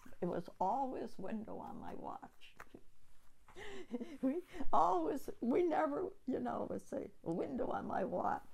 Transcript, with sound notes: It was always, 'Window on my watch.' [Laughs] I was, we never, you know, would say, ' A window on my watch.'